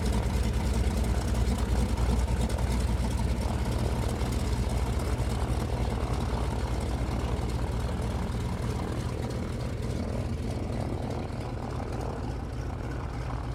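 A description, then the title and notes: A small single-engine propeller plane runs steadily, its deep, throbbing drone filling the low end with a dense, even rumble and a faint rapid flutter on top. The level holds nearly constant for the whole stretch, easing only slightly toward the end. De Havilland Canada DHC - 2 Beaver by Andy "soundeziner" Martin.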